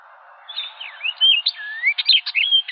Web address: Orchard Oriole 2007 01 04 Orchard Oriole